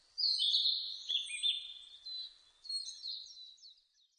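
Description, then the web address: Narcissus flycatcher song: a loud, high warbled phrase of slurred whistles, then softer twittering notes and a second, quieter phrase near the end. Recorded 2 May 2005. "2005 050502 kibitaki"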